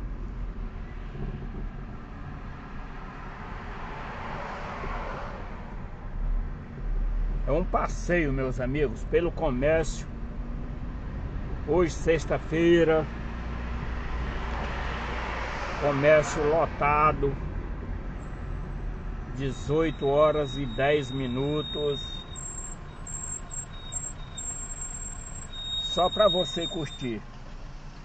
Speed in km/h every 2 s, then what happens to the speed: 35, 30, 22, 22, 20, 23, 29, 31, 35, 34, 29, 23, 22, 16.
0-4 slows to 22. 8-17 speeds up to 35. 17-28 slows to 16.